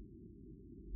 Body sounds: neck accelerometer signal played as sound; no cough (speech, laughter, throat clearing or background)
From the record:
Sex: female

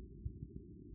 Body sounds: neck accelerometer signal played as sound; no cough (speech, laughter, throat clearing or background)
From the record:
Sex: female

